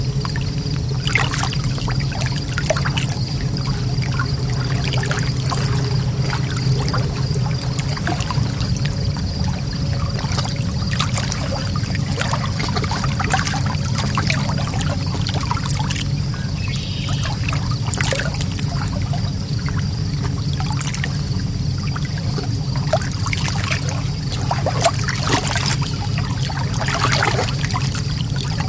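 Gentle water laps steadily at a lakeshore with a low rumbling undertone, small splashes and trickles dotting the surface throughout, plus a faint high tone.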